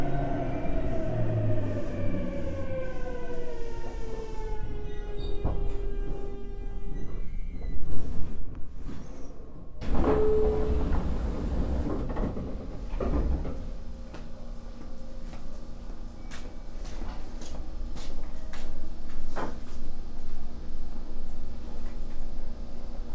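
A JR Kyushu 817 series train runs with a motor whine falling in pitch, a clunk near ten seconds, then steady rumbling and rattles.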